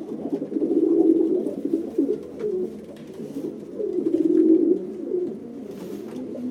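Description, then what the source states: Pigeon cooing, a low rolling burbling coo repeated in swelling phrases. Cooing inside a loft.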